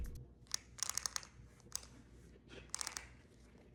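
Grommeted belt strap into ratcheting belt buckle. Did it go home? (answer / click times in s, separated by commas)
yes / 0.5 s, 0.8 s, 1.0 s, 1.1 s, 1.8 s, 2.7 s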